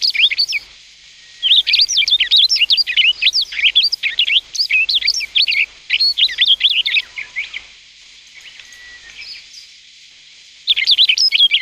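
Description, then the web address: Rustic bunting song, long runs of quick high warbling notes, a quiet gap of about three seconds, then the warbling resumes. "sikioto. kashiradaka"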